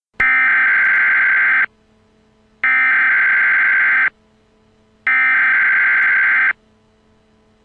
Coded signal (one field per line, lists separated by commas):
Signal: Emergency Alert System (SAME) tones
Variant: header bursts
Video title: Emergency Alert System - Tornado Warning State College